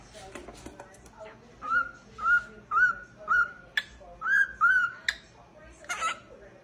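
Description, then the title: Cockatiel whistled song: a series of short, clear, slightly rising whistled notes over a faint background hiss and occasional clicks. Several cockatiels singing, a whistled song. "Calopsitas Cantando Assobio"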